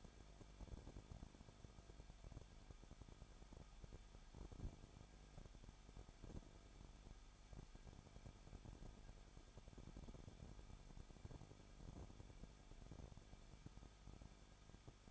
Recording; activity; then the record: daily activity, microphone in the room; no activity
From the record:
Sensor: 5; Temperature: 20.9 degrees Celsius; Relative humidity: 35.1%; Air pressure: 994.6 hPa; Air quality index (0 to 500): 153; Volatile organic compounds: 2 ppm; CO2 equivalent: 1281 ppm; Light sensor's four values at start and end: 2/3/1/1 and 2/3/1/1